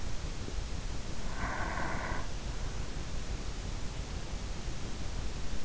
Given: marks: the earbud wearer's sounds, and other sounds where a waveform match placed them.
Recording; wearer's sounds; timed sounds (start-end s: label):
sounds in sleep by an in-ear microphone; breath
0.82-2.80 s: breath